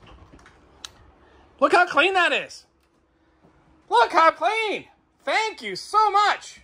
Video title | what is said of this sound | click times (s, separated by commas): 2023 Grand Design Imagine XLS 22MLE | furion fridge this is a 12vt fridge this is for travel that locks into place | 0.8 s